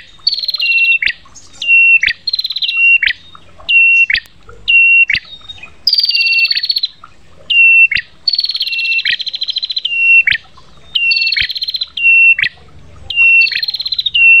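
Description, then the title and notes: Prinia song: high flat whistled notes, each ending in a quick upswept flick, alternating with buzzy trills, repeated roughly once a second throughout. Long-duration prenjak song used for bird training ('masteran' therapy). "Masteran Terapi Prenjak. Burung Prenjak"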